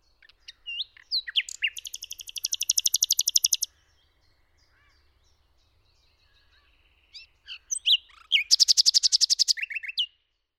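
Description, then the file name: Common nightingale singing varied phrases: sharp whistles and chucks leading into rapid, rattling runs of repeated high notes, a pause, then another phrase ending in a fast trill. "Rossignol philomele"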